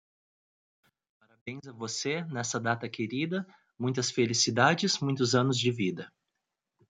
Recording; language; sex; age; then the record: short text; Brazilian Portuguese; male; 30 to 39 years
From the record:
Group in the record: control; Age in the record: 33 years